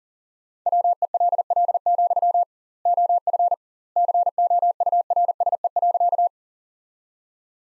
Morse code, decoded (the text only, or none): WELL, OF COURSE.